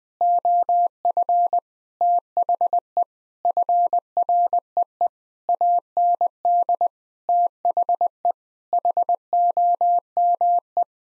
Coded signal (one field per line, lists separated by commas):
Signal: Morse code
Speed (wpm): 20 wpm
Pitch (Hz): 700 Hz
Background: none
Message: OF THE FREE AND THE HOME